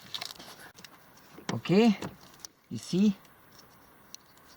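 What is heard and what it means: A retaining clip on the heater core connection in a 2004 Grand Caravan minivan dashboard is slid back over the part during heater core installation. It snaps into position with a sharp click at 1.5 s, amid light handling noises. Someone talks after the click, and the clip is seated.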